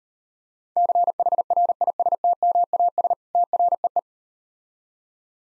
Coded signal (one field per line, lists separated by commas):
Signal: Morse code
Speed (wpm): 39 wpm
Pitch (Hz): 700 Hz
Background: none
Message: CHRISTMAS TREE